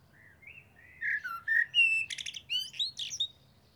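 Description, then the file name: Common blackbird singing one phrase of mellow, warbled fluty notes that climbs into a burst of thin, high twittering at its end. "Turdus merula"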